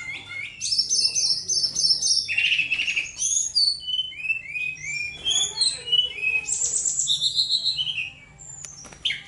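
Bird song: fast repeated high trills followed by a tumbling series of short whistled notes.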